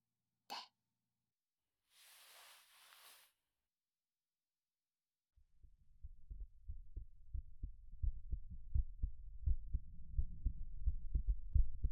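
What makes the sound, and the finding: Heart, close microphone. Normal heartbeat.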